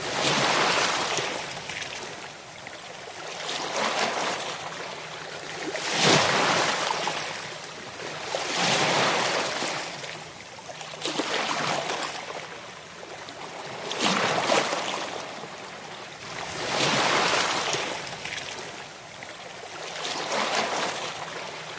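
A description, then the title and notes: Ocean waves wash in at a steady rhythm, each surge building into a bright, hissing rush every two to three seconds before easing back. Between breakers a constant low wash continues throughout. Ocean Wave and Tropical Ocean Soundscape at Sunset Binaural - White Noise.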